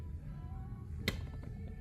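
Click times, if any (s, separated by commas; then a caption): 1.1 s. The rear door of a 2019 Audi A8L 55 Quattro sedan is pushed only until its soft-close latch catches the striker, giving a sharp first-stage click at 1.1 s, followed by a fainter tap at 1.4 s over a steady low background hum. The latch takes only its first stage, after which the soft-close mechanism quietly pulls the door shut.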